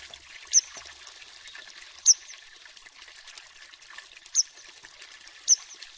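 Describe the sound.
Bird calls: four short, sharp, very high notes, unevenly spaced, over a quiet, faintly hissing background.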